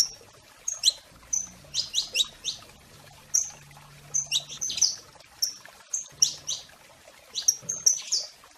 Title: Kenari Portugis